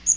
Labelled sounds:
Magnolia Warbler flight call

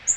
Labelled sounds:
Magnolia Warbler flight call

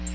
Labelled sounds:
Nashville Warbler flight call

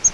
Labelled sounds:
Grace's Warbler flight call

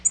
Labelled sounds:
Tennessee Warbler flight call

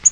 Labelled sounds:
Yellow-rumped Warbler flight call

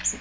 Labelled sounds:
Magnolia Warbler flight call

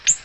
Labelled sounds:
Ovenbird flight call

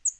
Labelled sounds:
Northern Parula flight call

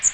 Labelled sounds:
Magnolia Warbler flight call

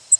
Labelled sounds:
Cape May Warbler flight call

